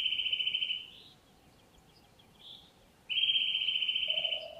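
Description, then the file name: Eurasian nuthatch calling with long rapid trills on one steady pitch, separated by a pause with faint softer notes, and a lower sound near the end. "Sitta europaea"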